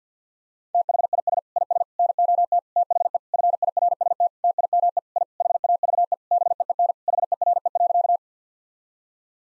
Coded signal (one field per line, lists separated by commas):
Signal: Morse code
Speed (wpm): 50 wpm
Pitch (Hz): 700 Hz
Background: none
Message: THIS IS NOT THE FIRST TIME I HAVE BEEN HERE.